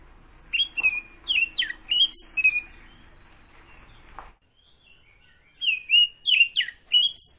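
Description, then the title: Oriental magpie-robin singing a string of clear, downslurred whistles, pausing briefly, then resuming with more swooping notes. Tretes variety, described as gacor (singing actively). "Kacer Tretes"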